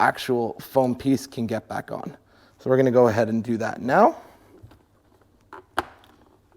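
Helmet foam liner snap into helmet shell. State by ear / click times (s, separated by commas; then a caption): partly seated / 5.8 s. Someone talks, then a foam liner piece is pressed back onto the snaps of a BRP Oxygen helmet shell, over the tucked wires of a Cardo Packtalk Edge communicator. Soft handling noises follow, and a sharp snap at 5.8 s marks one snap engaging. The liner is only partly seated, with that single snap of several engaged.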